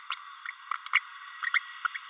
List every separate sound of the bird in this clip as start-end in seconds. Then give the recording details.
0.10-0.16, 0.94-1.00, 1.53-1.60, 1.84-1.87. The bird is a female. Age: 30 days. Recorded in a nest box in Venezuela. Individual 17B32A7